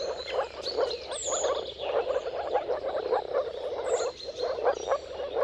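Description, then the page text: Many moor frogs calling together, rapid low bubbling pulses in waves, with a few bird whistles and chirps higher up. Moor frogs in a mating chorus at sunrise, at the turn of March and April, timing depending on weather. "Jakub-Orzecki moor frogs. earth.fm. Dawn’s Chorus: Mating Calls of Marsh Frogs at Sunrise. Depending on the weather at the turn of March and April, you can witness an amazing spectacle of moor frogs"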